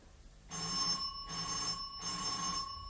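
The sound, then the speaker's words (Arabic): An electric doorbell at a house door rings in repeated buzzing bursts, a steady, shrill, metallic tone that pulses on and off with short gaps. No voices are heard. “روحي شوفي مين بيدق الجرس يا سميرة.”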